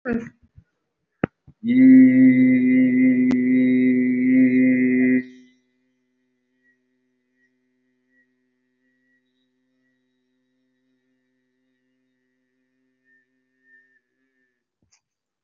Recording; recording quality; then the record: sustained vowel as in beet; excellent, no background noise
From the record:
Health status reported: respiratory illness, not identified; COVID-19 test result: negative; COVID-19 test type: RT-PCR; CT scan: not taken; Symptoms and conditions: breathing difficulty, fatigue, another respiratory illness, hypertension, diabetes, another condition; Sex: male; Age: 55 years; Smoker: yes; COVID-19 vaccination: both doses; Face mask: worn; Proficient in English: yes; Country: India